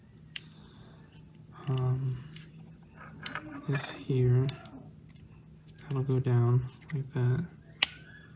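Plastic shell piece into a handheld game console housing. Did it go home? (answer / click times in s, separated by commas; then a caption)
yes / 7.8 s. While test-fitting a replacement plastic shell piece from an AliExpress 20th Anniversary reshell kit onto a Nintendo Game Boy Micro handheld console housing, someone talks and presses the piece down, with a few faint handling ticks along the way. One sharp, loud click at 7.8 s marks the shell part seating into place.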